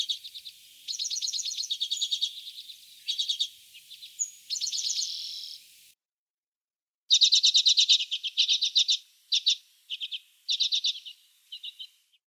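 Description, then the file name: Redpoll song made of rapid, buzzy trilled bursts and chattering twitters in separate phrases, with a gap of about a second midway. Recorded in Russia. "Golosa ptic Rossii - CHechetka"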